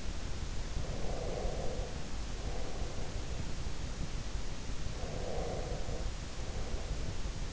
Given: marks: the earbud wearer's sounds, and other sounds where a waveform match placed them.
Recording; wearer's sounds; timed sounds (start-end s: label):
sounds in sleep by an in-ear microphone; breath
0.58-3.64 s: breath
5.00-7.53 s: breath